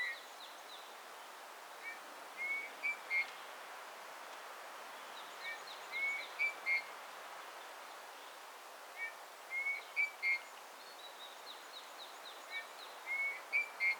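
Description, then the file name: Eurasian bullfinch giving soft whistles in short clusters of a few notes, repeated every few seconds. "Pyrrhula pyrrhula"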